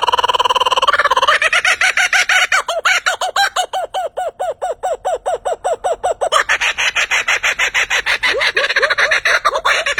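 Bird giving a rapid series of harsh, arched clucking notes, repeated steadily throughout.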